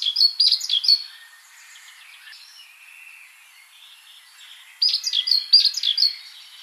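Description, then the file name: Great tit calls: a quick burst of high chirpy, twittering notes, a quiet gap of several seconds, then a second similar burst near the end. "Parus major"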